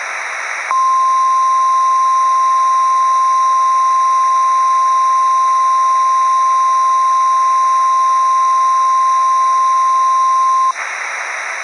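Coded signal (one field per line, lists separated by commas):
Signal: Emergency Alert System (SAME) tones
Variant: 1050 Hz attention tone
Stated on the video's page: Mock law enforcement warning recreated with eas.tools macros, not a real alert.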